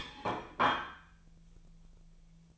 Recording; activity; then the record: daily activity, microphone in the room; place plate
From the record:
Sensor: 1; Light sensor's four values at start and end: 29/74/31/37 and 29/74/31/37